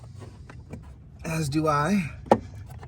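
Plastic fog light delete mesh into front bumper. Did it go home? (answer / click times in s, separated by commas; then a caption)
yes / 2.3 s. A plastic fog light delete mesh on a BMW F30 is pushed into the front bumper as its last plastic clips are fitted. Someone talks, then a sharp snap at 2.3 s marks a clip seating, and the mesh is clipped in place.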